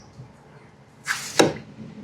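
An electric motor armature is pushed down into the power trim motor housing of an outboard motor, between the spring-loaded brushes. A brief scraping swell starts around 1.1 s, and at 1.4 s the armature drops home into place with a single sharp knock. No one talks during the clip.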